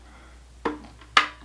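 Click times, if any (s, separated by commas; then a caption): 0.7 s. The lid latch of a plastic bear-resistant food canister is turned with a coin or knife and clicks open at 0.7 s, releasing the lid. A faint tap follows at 1.0 s and a second, louder sharp click at 1.2 s, over a low steady hum.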